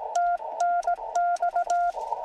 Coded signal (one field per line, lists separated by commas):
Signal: Morse code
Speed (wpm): 18 wpm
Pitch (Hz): 690 Hz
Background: none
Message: TNX